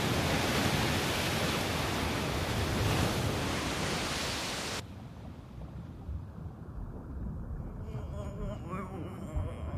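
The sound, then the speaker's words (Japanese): Ocean surf at high tide: a heavy, roaring rush of surf fills the first five seconds, then abruptly drops to a softer, steady wash of water, with faint voices appearing near the end. “まさか 波にさらわれちまったのか。”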